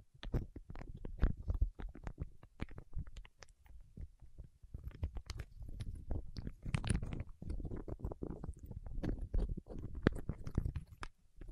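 Waxed fingertips press and rub together in a steady run of soft, sticky clicks and squishy crackles. The sounds come thick and irregular throughout, mostly low and muffled, with occasional sharper snaps that stand out, and no other sounds beneath them.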